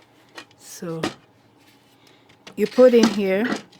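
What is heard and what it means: The removable bucket is handled at a Vitamix Eco 5 FoodCycler countertop food composter, with its handle to be folded into its resting position. Someone talks while a few short handling knocks are heard around 0.4 s, 0.5 s and 2.3 s. Nothing has seated or clicked yet.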